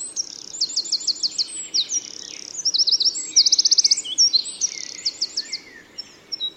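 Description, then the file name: Eurasian wren singing a fast, jumbled series of shrill trills and buzzy runs with one especially loud rattling burst in the middle. "Troglodytes troglodytes"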